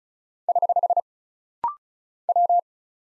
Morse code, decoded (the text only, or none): <HH> W